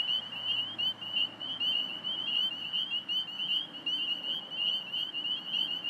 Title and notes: Spring Peeper at Belle View ES 032717. Spring Peepers calling despite their habitat having been recently mowed down (cattails, grasses). Traffic noises in background from Fort Hunt Rd. Alexandria, VA. Recorded 032717 at 8:06pm with iPhone 6+ using Rode Recording app